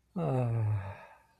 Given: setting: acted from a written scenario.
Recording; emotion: vocal sound without words; serenity